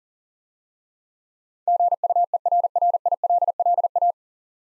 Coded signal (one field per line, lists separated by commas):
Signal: Morse code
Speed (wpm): 40 wpm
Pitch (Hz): 700 Hz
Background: none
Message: GUERRILLA